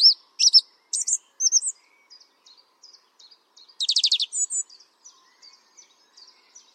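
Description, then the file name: Song thrush song: high sharp notes and whistles, a buzzy rattling phrase, then quieter thin notes trailing off. "Pevchij drozd - Pesnya pevchego drozda"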